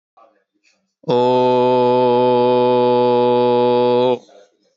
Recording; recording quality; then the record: sustained vowel as in boot; excellent, no background noise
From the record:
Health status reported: healthy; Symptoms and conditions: none ticked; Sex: male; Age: 34 years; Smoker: not ticked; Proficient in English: yes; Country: India